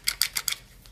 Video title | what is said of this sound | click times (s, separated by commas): Toyota Lexus Scion Stuck Seat Belt Buckle Receptacle Inspection, Disassembly ('98 Rav4 buckle shown) | right I just heard it snap | 0.2 s